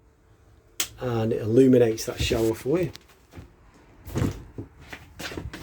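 Someone talks while the sliding bathroom door in a 2020 Laika Kreos 5010 motorhome is handled, with a sharp sound at 0.8 s and fainter knocks and rattles around 4.2 s and 4.9 s. The door's latch has not yet locked into the door frame; nothing has seated or clicked into place yet.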